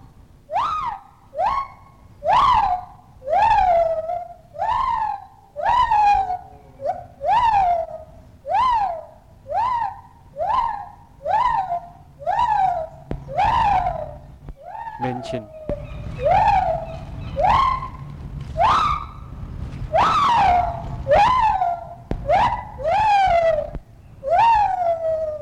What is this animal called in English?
Lar Gibbon